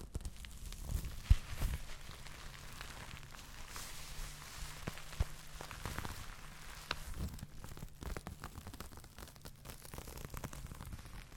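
Fabric being handled, a soft continuous rustle broken by frequent small crisp snaps and taps, with a faint low hum underneath.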